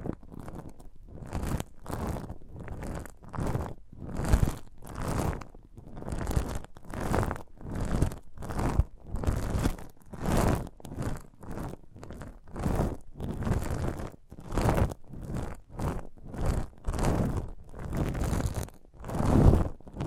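Sprouted coconut being bitten and chewed in rapid, regular crunchy bursts, roughly two per second, with brief quiet gaps between.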